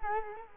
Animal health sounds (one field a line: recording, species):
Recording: mosquito wingbeat signal from an infrared sensor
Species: Culex quinquefasciatus